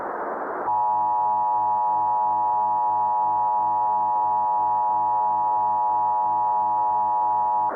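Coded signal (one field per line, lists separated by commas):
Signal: Emergency Alert System (SAME) tones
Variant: 853 and 960 Hz attention tone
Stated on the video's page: Fictional mock EAS scenario.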